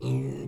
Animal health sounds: pig call; weaner (32 to 43 days)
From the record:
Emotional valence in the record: negative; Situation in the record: long isolation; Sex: female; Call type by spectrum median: low-frequency call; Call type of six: low-frequency stable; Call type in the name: low-frequency stable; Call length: 0.48 s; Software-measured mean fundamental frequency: 67 Hz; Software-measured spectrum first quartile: 131 Hz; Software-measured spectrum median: 204 Hz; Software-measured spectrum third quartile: 416 Hz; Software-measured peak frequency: 136 Hz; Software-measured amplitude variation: 79 dB a second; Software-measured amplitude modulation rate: 20.7 a second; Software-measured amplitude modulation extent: 3.8 dB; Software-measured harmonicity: -0.6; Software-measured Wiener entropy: -0.38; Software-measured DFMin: 1097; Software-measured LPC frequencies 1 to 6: 284, 2654, 3962, 5386, 6835, 7782 Hz

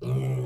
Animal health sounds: pig call; weaner (32 to 43 days)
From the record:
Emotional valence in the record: negative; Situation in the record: long isolation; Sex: female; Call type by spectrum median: low-frequency call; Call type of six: low-frequency stable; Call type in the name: low-frequency stable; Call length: 0.46 s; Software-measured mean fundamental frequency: 64 Hz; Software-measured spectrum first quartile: 129 Hz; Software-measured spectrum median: 177 Hz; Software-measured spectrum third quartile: 443 Hz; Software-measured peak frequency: 388 Hz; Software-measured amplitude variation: 60 dB a second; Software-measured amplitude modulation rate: 16.3 a second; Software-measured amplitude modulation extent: 3.7 dB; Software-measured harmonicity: -2.7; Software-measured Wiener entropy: -0.79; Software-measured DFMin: 874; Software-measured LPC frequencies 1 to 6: 2233, 3014, 3976, 5730, 6706, 7576 Hz

